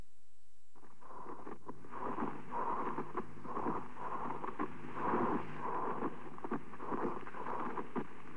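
Repeated rough, grating bursts recur in a steady rhythm through an adult chest over low background hum: another variant of pleural friction rub, heard with inflamed pleural layers (dry pleurisy), urea crystals deposited on the pleura in uremia, or tuberculous or cancerous involvement of the pleura.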